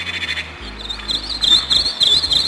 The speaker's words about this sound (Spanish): Ya los únicos pájaros que puedo oír cantar son los que grabé con mi viejo cassette. Escucha, pequeña.